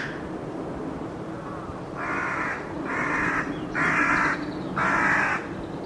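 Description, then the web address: Bird giving harsh, raspy calls, four drawn-out notes about one per second after a quiet start, over steady background hiss. "Deverinetal 2025 File origin Bird Only"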